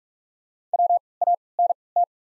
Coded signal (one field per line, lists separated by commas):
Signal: Morse code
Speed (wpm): 44 wpm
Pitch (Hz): 700 Hz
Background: none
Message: WANT